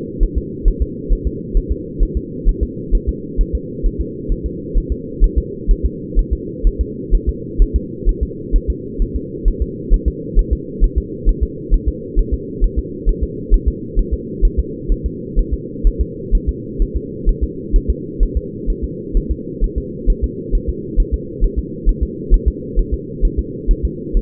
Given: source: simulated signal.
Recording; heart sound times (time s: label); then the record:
fetal heart sounds
0.23 s: S1
0.38 s: S2
0.68 s: S1
0.82 s: S2
1.12 s: S1
1.27 s: S2
1.57 s: S1
1.72 s: S2
2.03 s: S1
2.17 s: S2
2.49 s: S1
2.63 s: S2
2.95 s: S1
3.09 s: S2
3.41 s: S1
3.55 s: S2
3.86 s: S1
4.01 s: S2
4.32 s: S1
4.46 s: S2
4.78 s: S1
4.92 s: S2
5.24 s: S1
5.38 s: S2
5.71 s: S1
5.86 s: S2
6.19 s: S1
6.33 s: S2
6.67 s: S1
6.81 s: S2
7.15 s: S1
7.29 s: S2
7.62 s: S1
7.76 s: S2
8.09 s: S1
8.23 s: S2
8.56 s: S1
8.70 s: S2
9.02 s: S1
9.16 s: S2
9.48 s: S1
9.62 s: S2
9.94 s: S1
10.08 s: S2
10.39 s: S1
10.53 s: S2
10.84 s: S1
10.98 s: S2
11.29 s: S1
11.43 s: S2
11.74 s: S1
11.89 s: S2
12.19 s: S1
12.34 s: S2
12.64 s: S1
12.79 s: S2
13.09 s: S1
13.24 s: S2
13.54 s: S1
13.68 s: S2
13.99 s: S1
14.14 s: S2
14.45 s: S1
14.59 s: S2
14.92 s: S1
15.06 s: S2
15.39 s: S1
15.54 s: S2
15.87 s: S1
16.01 s: S2
16.35 s: S1
16.49 s: S2
16.82 s: S1
16.97 s: S2
17.29 s: S1
17.44 s: S2
17.76 s: S1
17.90 s: S2
18.23 s: S1
18.37 s: S2
18.70 s: S1
18.84 s: S2
19.17 s: S1
19.31 s: S2
19.64 s: S1
19.78 s: S2
20.10 s: S1
20.24 s: S2
20.55 s: S1
20.70 s: S2
21.00 s: S1
21.14 s: S2
21.44 s: S1
21.59 s: S2
21.89 s: S1
22.03 s: S2
22.34 s: S1
22.48 s: S2
22.79 s: S1
22.94 s: S2
23.25 s: S1
23.39 s: S2
23.71 s: S1
23.85 s: S2
24.17 s: S1
From the record:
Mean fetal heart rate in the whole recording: 130 bpm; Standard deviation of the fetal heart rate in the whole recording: 4 bpm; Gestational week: 38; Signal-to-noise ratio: -4.1 dB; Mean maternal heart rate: no maternal heart sound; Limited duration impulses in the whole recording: absent